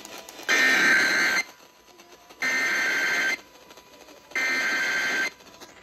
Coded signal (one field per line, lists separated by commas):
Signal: Emergency Alert System (SAME) tones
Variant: header bursts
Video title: [EAS #3042-#3048] San Diego County Required Monthly Test (7/03/24)